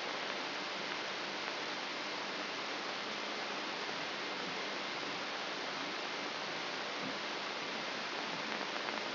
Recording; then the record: brain microelectrode recording played as sound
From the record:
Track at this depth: inside the subthalamic nucleus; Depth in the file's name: 2.704 mm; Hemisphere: left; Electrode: 3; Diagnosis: Parkinson's disease